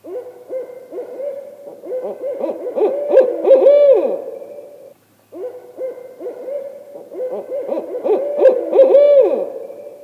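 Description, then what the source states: Barred Owl hooting, rhythmic series of deep hoots ending in a drawn-out wail, heard twice with a short silence between. Played back from a CD: a pair caterwauling, with a nestling begging call in the background.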